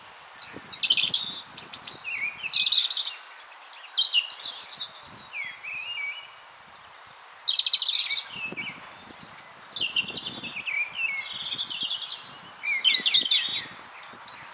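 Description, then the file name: European robin song, a long series of varied high phrases mixing liquid whistles, quick trills and tinkling notes, each phrase followed by a short silence. "Erithacus rubecula"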